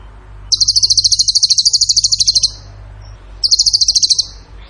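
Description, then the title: Bird song of two rapid, evenly pulsed high-pitched trills, the first about two seconds long and the second shorter, separated by a brief gap. Masteran (training recording) of bird song in the tembakan gacor style. "Masteran Burung Tembakan Gacor"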